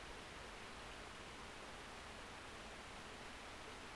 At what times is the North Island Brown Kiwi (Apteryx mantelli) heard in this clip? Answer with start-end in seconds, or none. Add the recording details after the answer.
none. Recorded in New Zealand on 12 February 2013. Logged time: 22:59. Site DH65